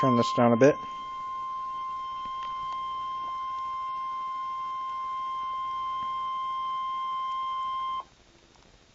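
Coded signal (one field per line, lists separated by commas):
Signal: Emergency Alert System (SAME) tones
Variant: 1050 Hz attention tone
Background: speech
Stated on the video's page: Severe Thunderstorm Warning for Potter County, Texas, received from NOAA Weather Radio station WXK38.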